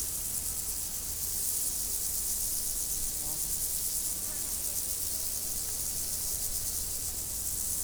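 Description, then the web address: Dense high insect chorus that buzzes without pause, with a low steady hum and a couple of faint brief sounds midway. Insects recorded in nature, 2014. "allathangok termeszetben rovarok professzionalis 2014"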